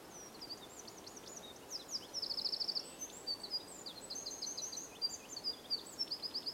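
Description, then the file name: Eurasian wren giving high, fast, rattling trills mixed with sharp chirps and thin upslurred notes, continuing almost without pause over a faint background hiss. "Troglodytes troglodytes"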